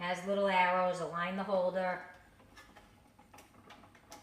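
Someone talks while lining up the plastic K-cup holder by its little arrows before pushing it back into a Cuisinart SS-10 Keurig single-serve coffee maker. After the talking stops, light plastic handling ticks come at about 2.8, 3.2, 4.0 and 4.1 seconds. Nothing has seated or clicked yet.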